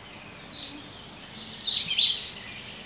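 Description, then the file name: European robin singing a short run of sweet, very high trilled and whistled notes. "Erithacus rubecula"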